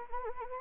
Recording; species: mosquito wingbeat signal from an infrared sensor; Anopheles arabiensis